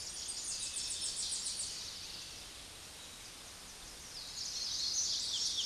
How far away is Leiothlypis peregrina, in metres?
about 35 m